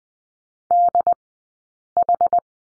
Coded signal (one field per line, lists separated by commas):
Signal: Morse code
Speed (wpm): 20 wpm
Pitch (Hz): 700 Hz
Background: none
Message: DH